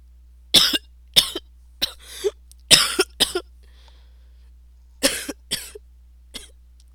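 About eight short, sharp, harsh coughs from an adult come in loose clusters over seven seconds, some with a brief rasping tail, against a quiet background.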